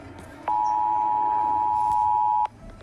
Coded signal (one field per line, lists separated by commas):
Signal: Emergency Alert System (SAME) tones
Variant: 853 and 960 Hz attention tone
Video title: Oofie Rating (and Reacting to) EAS Alarms